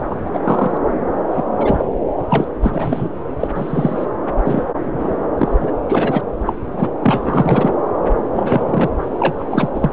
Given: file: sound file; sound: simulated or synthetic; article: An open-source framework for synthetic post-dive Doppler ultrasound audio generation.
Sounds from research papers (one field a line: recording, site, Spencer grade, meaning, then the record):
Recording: Doppler ultrasound audio after a dive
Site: subclavian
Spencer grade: 3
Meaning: All of the cardiac periods contain showers or single bubble signals, but not dominating or overriding the cardiac motion signals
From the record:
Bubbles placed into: full cardiac cycles